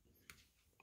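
A clock movement is lined up straight and pushed into the hole in a concrete clock body, where it locks in place. A sharp, short click at 0.3 s marks it seating, followed by a fainter tick near 0.8 s while someone talks.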